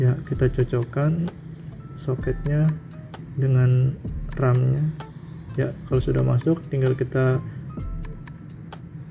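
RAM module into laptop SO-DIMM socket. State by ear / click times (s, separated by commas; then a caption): seated / 8.7 s. An 8 GB RAM stick is pushed down into the memory socket of an Acer TravelMate P214-52 laptop until the side retaining clips lock. Someone talks over background music, then a few short ticks are heard near the end, with the module clicking into its slot at 8.7 s, seated and locked.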